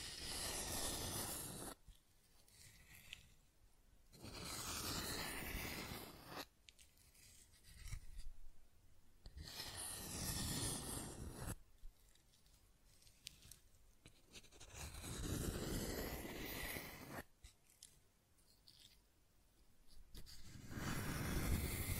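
Scratching and tracing sounds come in repeated strokes, each a rough, hissing scrape lasting one to two seconds, separated by short quiet gaps. About eight strokes occur across the span, some fuller and lower, others thinner and brighter, with faint rubbing between them.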